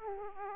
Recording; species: mosquito wingbeat signal from an infrared sensor; Aedes aegypti